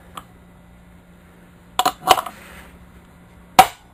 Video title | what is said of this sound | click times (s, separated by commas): ST1100 Wheel bearing replacement | And you can hear it seat when it hits. | 3.6 s